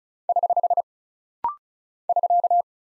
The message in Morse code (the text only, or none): <HH> <SK>